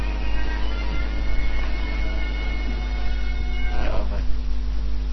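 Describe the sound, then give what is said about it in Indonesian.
An elephant calls with long, sustained harmonic groans and trumpeting tones, rising into a wavering higher cry near the end, all over a steady low hum. “Suara gajah tadi.”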